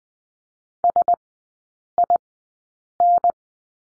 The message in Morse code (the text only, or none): SIN